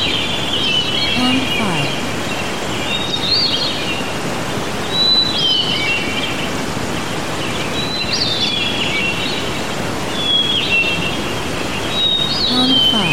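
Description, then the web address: Birds singing whistled phrases that recur every few seconds, over strong steady wind. Birds singing outdoors in medium-strength wind. "birds singing outside medium strength wind loopable"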